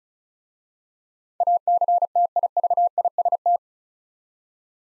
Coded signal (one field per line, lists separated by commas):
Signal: Morse code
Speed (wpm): 36 wpm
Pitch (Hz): 700 Hz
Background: none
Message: ACTIVIST